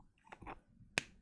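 A cap is pushed onto a marker pen and must close firmly so the pen doesn't dry out. After a few faint, soft handling sounds, a single sharp, bright click rings out at 0.98 s as the cap seats closed.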